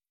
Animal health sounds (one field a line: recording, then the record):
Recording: hydrophone in a shrimp aquaculture tank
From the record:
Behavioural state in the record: feeding